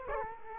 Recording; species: mosquito wingbeat signal from an infrared sensor; Culex quinquefasciatus